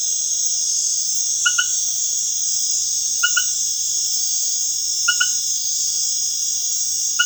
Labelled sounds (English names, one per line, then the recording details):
none
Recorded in dense forest near Puerto Asís, Putumayo, Colombia, on 19 February 2024 at 21:00
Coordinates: 0.505, -76.324
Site G6467